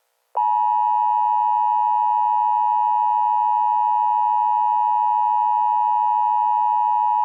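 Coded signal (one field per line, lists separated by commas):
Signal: Emergency Alert System (SAME) tones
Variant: 853 and 960 Hz attention tone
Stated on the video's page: Fictional EAS scenario; simulated alert.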